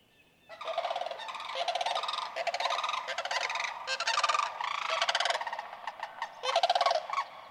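Sandhill crane calling in a long run of rolling, trumpeting rattles, almost without pause.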